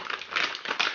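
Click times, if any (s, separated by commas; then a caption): none. A PC component, likely a memory module, is pressed into a motherboard during assembly, producing strange, uneven crunching and clattering noises that swell around 0.4 s and again near 0.8 s. Nothing has seated or clicked into place yet.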